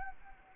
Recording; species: mosquito wingbeat signal from an infrared sensor; Anopheles arabiensis